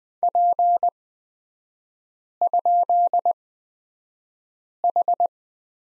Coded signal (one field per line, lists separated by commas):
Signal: Morse code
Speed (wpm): 20 wpm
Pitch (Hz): 700 Hz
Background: none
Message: P?H